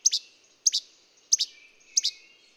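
Bird chirping: four bright, high double notes, each a sharp downward-sweeping chirp, repeated roughly every two-thirds of a second.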